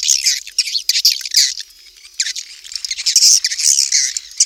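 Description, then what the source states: Swiftlet calls: loud, squeaky high chirps in clustered bursts, with a quieter lull in the middle. Asia; sound used in swiftlet farming to attract birds.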